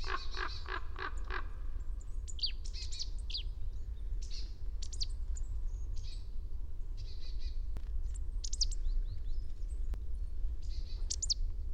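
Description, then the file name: Marsh tit opening with a string of buzzy, grating notes, followed by scattered high thin chirps and a couple of faint clicks, over low rumble. "Poecile palustris"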